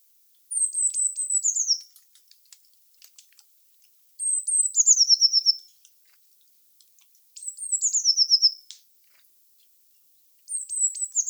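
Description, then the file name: Eurasian blue tit repeating a high, falling song phrase roughly every three seconds: thin opening notes easing into a quick descending trill. "Cyanistes caeruleus"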